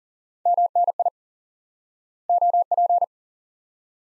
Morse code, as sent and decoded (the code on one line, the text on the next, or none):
-- -. .. / --- .--.
MNI OP